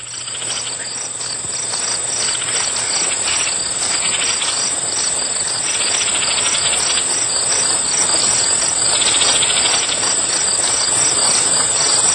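Grasshopper stridulation, a dense continuous high buzzing chorus with pulsing bursts throughout, steady and unbroken for the whole stretch.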